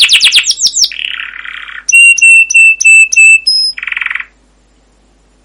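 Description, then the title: Canary song: quick descending chirps, then a buzzy burst, a run of sharp clipped whistled notes and a short harsh buzzy phrase before silence. Long singing canary master recording used as a lure to trigger canaries to sing, described as 'cuit cuit' chirping and rolling. "CUIT CUIT NGEROL LANGSUNG GACOR PANJANG Kenari Ini AMPUH Utk Pancingan KENAR. Masteran Suara Burung Kenari Gacor Panjang cuit cuit Ngerol untuk Pancingan Kenari!"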